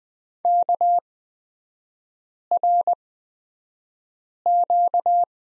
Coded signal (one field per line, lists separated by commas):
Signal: Morse code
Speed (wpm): 20 wpm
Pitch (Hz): 700 Hz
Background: none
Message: KRQ